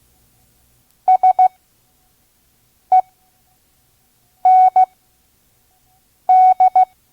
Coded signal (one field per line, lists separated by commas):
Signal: Morse code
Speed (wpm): 16 wpm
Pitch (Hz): 740 Hz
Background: none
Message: SEND